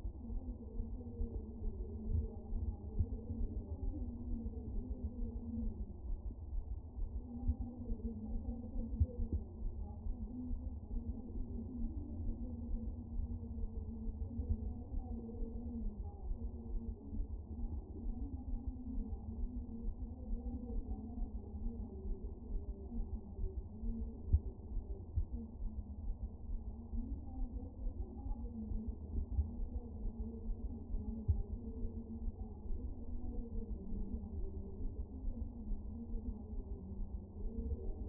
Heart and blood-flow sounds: fetal heart sounds by stethoscope on the mother's abdomen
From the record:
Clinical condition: moderate anaemia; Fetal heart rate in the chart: 135 bpm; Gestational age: 39 weeks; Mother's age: 23 years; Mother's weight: 54 kg

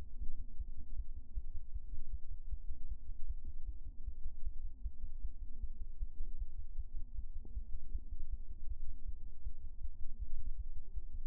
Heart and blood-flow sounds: fetal heart sounds by stethoscope on the mother's abdomen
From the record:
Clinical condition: term gestation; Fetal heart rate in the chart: 156 bpm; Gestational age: 40 weeks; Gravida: 2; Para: 1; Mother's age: 27 years

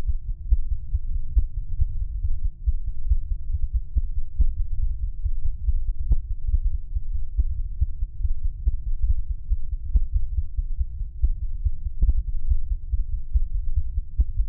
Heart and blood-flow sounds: fetal heart sounds by stethoscope on the mother's abdomen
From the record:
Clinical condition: bleeding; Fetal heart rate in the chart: 148 bpm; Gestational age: 34 weeks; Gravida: 3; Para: 1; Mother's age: 23 years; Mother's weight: 49 kg

